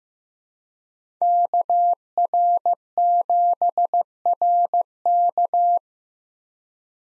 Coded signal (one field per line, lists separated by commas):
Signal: Morse code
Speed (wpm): 15 wpm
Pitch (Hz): 700 Hz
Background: none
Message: KR7RK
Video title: 2023 SOTA Activator Call Signs - 15wpm